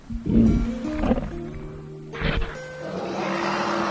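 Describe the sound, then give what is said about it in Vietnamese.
A white elephant named Quả Tượng roars loudly, a deep, rumbling bellow with a sustained tonal quality, then lets out a second, shorter burst that trails into rough, breathy noise. “Quả Tượng gầm lên kiêu hãnh.”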